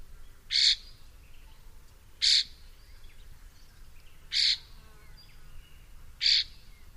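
Bird calls, four short bright notes spaced about two seconds apart, high-pitched, over quiet low background hum.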